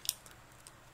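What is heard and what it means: A plastic gun part from a Titans Return Deluxe-class Mindwipe transforming robot toy is clipped onto the robot body, giving a sharp, bright plastic click at 0.1 s. Two fainter ticks follow at about 0.3 s and 0.7 s over a quiet background. The gun piece is firmly seated.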